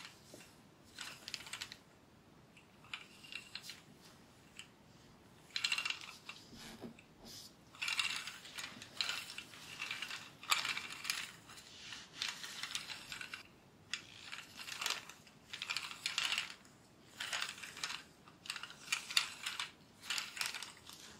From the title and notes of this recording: TimASMR-Real Person Hair Play, Back Tracing, Scratching & Massage (NO TALKING).